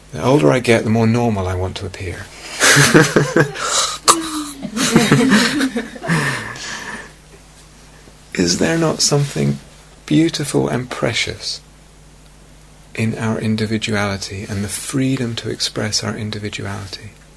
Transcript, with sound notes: The older I get, the more normal I want to appear? [laughter] Is there not something beautiful and precious in our individuality, and the freedom to express our individuality?